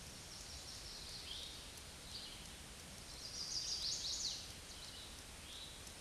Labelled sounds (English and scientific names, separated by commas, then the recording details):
Chestnut-sided Warbler (Setophaga pensylvanica) song
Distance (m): 35 m
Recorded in a Pennsylvania forest on 18 May 2023 at 09:53
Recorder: AudioMoth, point grid1_11_low
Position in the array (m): 212 m, 126 m